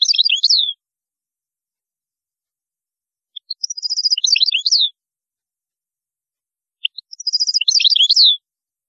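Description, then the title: European goldfinch song, the same twittering phrase of a rapid trill and descending liquid notes given three times, roughly every three and a half seconds. "Chant Chardonneret"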